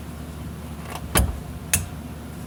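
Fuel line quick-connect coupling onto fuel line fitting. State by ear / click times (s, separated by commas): seated / 1.7 s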